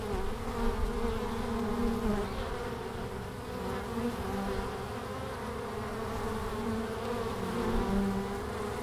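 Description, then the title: Honey bees buzzing in a thick low drone, individual bees swelling louder as they fly past. Bees in large numbers flying out at the hive entrance, Langel, Köln, Germany, in March at 20 °C during sunny hours; recorder placed directly below the entrance hole, some bees briefly caught on the windshield fur. "Langel, Köln, Deutschland - Bienen im März. Bees in march"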